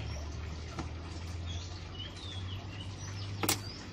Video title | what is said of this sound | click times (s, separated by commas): D-max เซ็นทรัลล็อคประตูไม่ทำงานเปลี่ยนมอเตอร์ทำเองไม่ยากงบไม่เกิน200 | ตัวนี้ให้เข้าล็อค | 3.4 s, 3.5 s